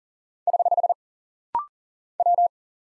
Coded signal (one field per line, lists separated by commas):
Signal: Morse code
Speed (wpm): 40 wpm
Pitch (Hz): 700 Hz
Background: none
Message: <HH> W